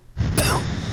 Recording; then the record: coughing mixed with background sound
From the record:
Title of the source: Coughing 79